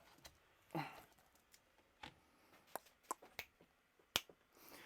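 A clip-on lid with mesh vents is worked onto a plastic breeding box that is a bit awkward to close. Several small clicks and taps come as it is pushed and fiddled with, then a loud, sharp final snap at 4.2 s as the lid clips shut and seats.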